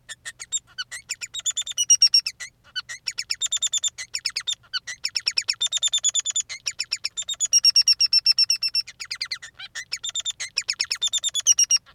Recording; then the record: song of a male Bengalese finch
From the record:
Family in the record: son of father 3